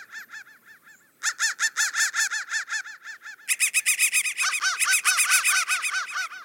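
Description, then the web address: Crow calls in quick succession, softer notes first, then a louder overlapping chorus of harsh arched calls from several birds. "soundfactory crow"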